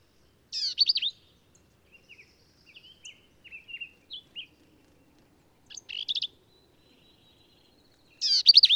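Black-capped vireo phrases of quick slurred and buzzy notes at start, middle and end, with scattered soft chips and notes in between.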